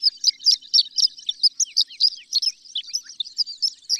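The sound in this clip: Horned lark song, quick high tinkling notes about four per second, some with short slurred downward tails.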